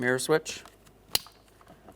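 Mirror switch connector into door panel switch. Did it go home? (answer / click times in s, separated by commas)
yes / 1.1 s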